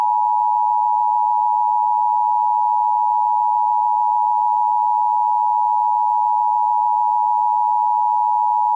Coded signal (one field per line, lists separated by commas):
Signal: Emergency Alert System (SAME) tones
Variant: 853 and 960 Hz attention tone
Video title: The Virus Part 1 #analoghorror #vhshorror #analoghorrorseries #EAS #givemebackmykids